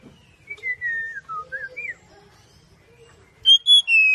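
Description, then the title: Oriental magpie-robin song, a few clear, sliding whistles with short pauses between them, ending in three loud, high, pure notes. "Kacer"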